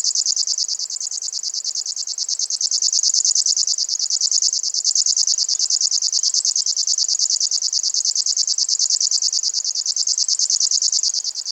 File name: Rechnoj sverchok